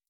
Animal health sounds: hydrophone in a shrimp aquaculture tank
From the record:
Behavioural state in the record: stressed

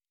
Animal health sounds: hydrophone in a shrimp aquaculture tank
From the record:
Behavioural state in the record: normal

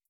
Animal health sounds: hydrophone in a shrimp aquaculture tank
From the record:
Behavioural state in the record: starved

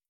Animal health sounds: hydrophone in a shrimp aquaculture tank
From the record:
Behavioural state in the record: starved

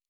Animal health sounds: hydrophone in a shrimp aquaculture tank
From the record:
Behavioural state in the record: normal

